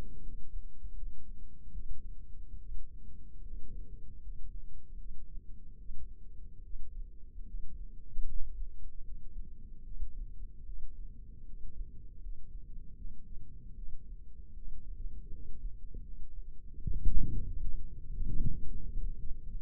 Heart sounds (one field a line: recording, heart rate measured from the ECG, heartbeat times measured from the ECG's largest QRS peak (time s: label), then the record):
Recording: heart sounds by microphone in the left ear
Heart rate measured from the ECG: 76 bpm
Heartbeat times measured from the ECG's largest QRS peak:
0.22 s: heartbeat
0.94 s: heartbeat
1.72 s: heartbeat
2.58 s: heartbeat
3.43 s: heartbeat
4.20 s: heartbeat
4.97 s: heartbeat
5.77 s: heartbeat
6.62 s: heartbeat
7.46 s: heartbeat
8.25 s: heartbeat
9.03 s: heartbeat
9.83 s: heartbeat
10.65 s: heartbeat
11.44 s: heartbeat
12.20 s: heartbeat
12.96 s: heartbeat
13.75 s: heartbeat
14.54 s: heartbeat
15.30 s: heartbeat
16.02 s: heartbeat
16.80 s: heartbeat
17.60 s: heartbeat
18.43 s: heartbeat
19.20 s: heartbeat
From the record:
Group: healthy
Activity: rest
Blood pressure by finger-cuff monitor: 120/69 mmHg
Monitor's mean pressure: 83 mmHg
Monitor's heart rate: 75 bpm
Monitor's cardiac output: 6.6 L/min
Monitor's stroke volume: 86 mL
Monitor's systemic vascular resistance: 930 dyn s/cm5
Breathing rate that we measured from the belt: 16 breaths a minute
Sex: female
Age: 22 years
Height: 160 cm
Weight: 63 kg